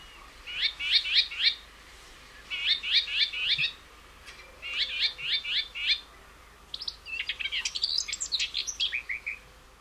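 Common whitethroat song, short scratchy chattering phrases of quick notes repeated about every two seconds, the last phrase longer and higher.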